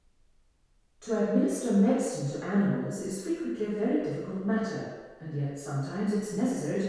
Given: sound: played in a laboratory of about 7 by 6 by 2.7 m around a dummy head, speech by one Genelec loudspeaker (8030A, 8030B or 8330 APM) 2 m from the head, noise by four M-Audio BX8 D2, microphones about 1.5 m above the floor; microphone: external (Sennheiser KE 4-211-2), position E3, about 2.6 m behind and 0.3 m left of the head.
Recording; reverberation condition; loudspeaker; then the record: female speech in English; high; 90 degrees to the left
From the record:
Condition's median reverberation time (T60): about 1300 ms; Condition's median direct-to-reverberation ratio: about -4.0 dB